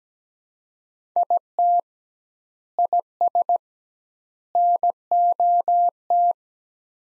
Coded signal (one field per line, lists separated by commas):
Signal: Morse code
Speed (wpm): 17 wpm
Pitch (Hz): 700 Hz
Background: none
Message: IT IS NOT